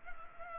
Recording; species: mosquito wingbeat signal from an infrared sensor; Culex pipiens